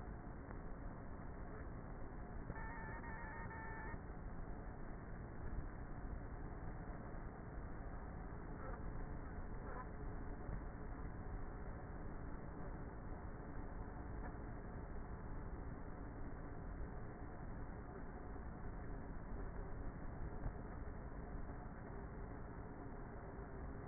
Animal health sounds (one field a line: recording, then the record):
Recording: honeybee colony, microphone inside the hive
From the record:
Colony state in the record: queenless with a low population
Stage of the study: before two queens were removed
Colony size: about 30,000 bees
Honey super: no